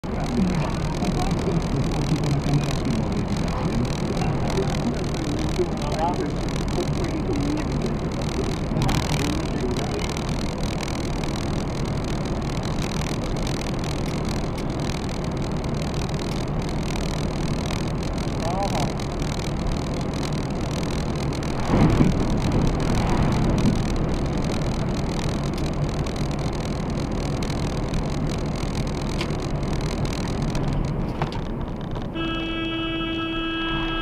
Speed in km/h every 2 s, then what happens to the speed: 87, 86, 86, 87, 86, 86, 86, 87, 86, 86, 86, 86, 86, 86, 86, 57, 27.
0-28 steady at about 86. 28-34 brakes to 27.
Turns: none.